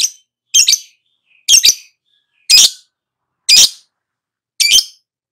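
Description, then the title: Lovebird giving harsh, rasping squawks, each a double burst, repeated about once a second. Recording used as a lure (pancingan) to prompt a lovebird to respond and sing vigorously (gacor). "Pancingan Lovebird Agar Nyaut GACOR."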